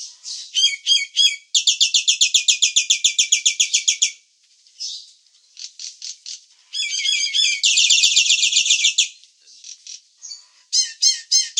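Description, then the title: Nias hill myna giving rapid chattering trills in bursts, mixed with short clipped notes and brief pauses between bursts. "burung jalak nias"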